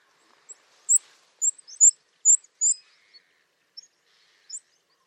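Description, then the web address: Bird calls: very high, brief chirps scattered irregularly, some in quick pairs, over an otherwise quiet background. "birddata Deverinetal 2025"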